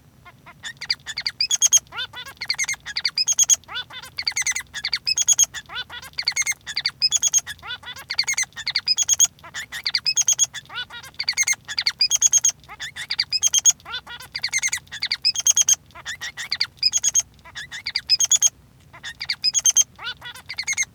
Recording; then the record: song of a male Bengalese finch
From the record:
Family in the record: son of father 3